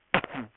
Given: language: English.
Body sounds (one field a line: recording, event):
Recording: throat vibration sensor signal played as sound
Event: cough